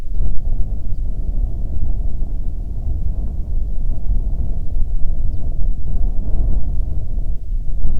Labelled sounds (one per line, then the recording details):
wind
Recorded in the Prudhoe Bay oil fields, Alaska, on 7 August 2019 at 14:26
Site 17